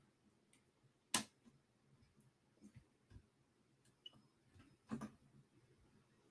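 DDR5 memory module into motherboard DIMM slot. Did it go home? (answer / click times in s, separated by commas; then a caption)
yes / 1.1 s. A DDR5 memory stick, the last one, is pushed into a motherboard DIMM slot, and the slot latch snaps shut with one sharp click at 1.2 s. Quieter ticks and soft clicks follow, including a pair near 5.0 s. The module is seated.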